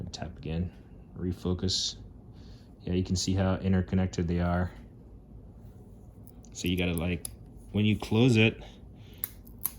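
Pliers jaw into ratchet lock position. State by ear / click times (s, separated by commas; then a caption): seated / 9.2 s, 9.5 s, 9.7 s. Someone talks while closing a pair of ratcheting locking pliers, and near the end the jaws click through their locking positions at 9.2, 9.5 and 9.7 seconds. The jaw seats firmly into the ratchet lock position, which has to be lifted up to release.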